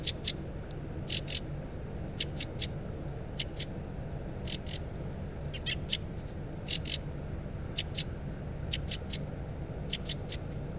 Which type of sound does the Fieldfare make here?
call